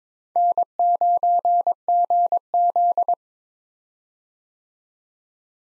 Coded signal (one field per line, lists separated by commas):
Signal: Morse code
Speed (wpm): 22 wpm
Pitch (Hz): 700 Hz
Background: none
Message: N9GZ